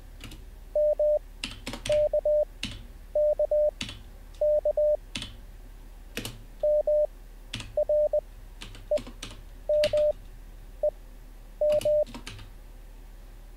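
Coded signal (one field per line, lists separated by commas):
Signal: Morse code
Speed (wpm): 20 wpm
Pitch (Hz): 600 Hz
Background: none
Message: MKKK MREMEM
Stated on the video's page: Morse code learning session, livestreamed, day 1.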